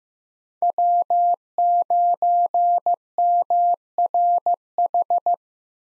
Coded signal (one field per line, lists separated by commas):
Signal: Morse code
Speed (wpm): 16 wpm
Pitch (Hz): 700 Hz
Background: none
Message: W9MRH